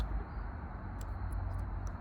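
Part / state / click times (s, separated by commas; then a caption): wiring harness connector into mating plug of bumper reflector light / not seated / none. A male wiring connector for an animated sequential LED smoked bumper reflector light on a 2018–2022 Honda Accord is handled against its female mating plug. Steady low rumble and faint handling noise are heard, with a few brief, faint high-pitched ticks. Nothing has seated or clicked yet.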